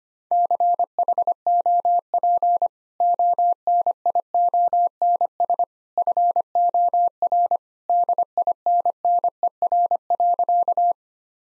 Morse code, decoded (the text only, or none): CHOP ONIONS FOR DINNER.